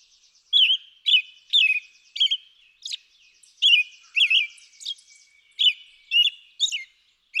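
American robin song: clear, slurred whistled phrases rising and falling, delivered in a lilting run with brief pauses.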